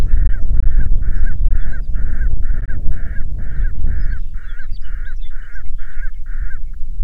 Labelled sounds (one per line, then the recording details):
songbird
grouse or ptarmigan
wind
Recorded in the Prudhoe Bay oil fields, Alaska, on 6 June 2019 at 03:46
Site 16